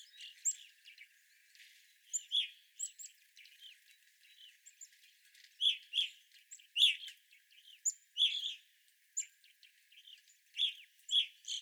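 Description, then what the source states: Evening grosbeaks calling as a flock, clear ringing chirps scattered irregularly, with high faint notes and soft chatter beneath. Group of evening grosbeaks recorded 25 April 2021.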